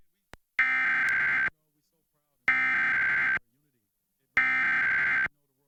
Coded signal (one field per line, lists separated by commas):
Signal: Emergency Alert System (SAME) tones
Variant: header bursts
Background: speech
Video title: Massachusetts Monthly Test on WWLP-DT1 (8/6/2024) (EAS #139)